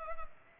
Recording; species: mosquito wingbeat signal from an infrared sensor; Culex pipiens